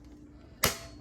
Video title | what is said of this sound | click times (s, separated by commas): Black & Decker Matrix Oscillating and Cutting Tool Attachment How To Set Up (Drill Kit). So Easy!!! | slide it in here until it snaps. | 0.6 s